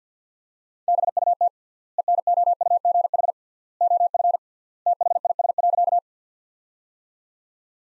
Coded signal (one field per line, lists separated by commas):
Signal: Morse code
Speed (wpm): 50 wpm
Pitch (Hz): 700 Hz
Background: none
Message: BUT ENOUGH OF THIS.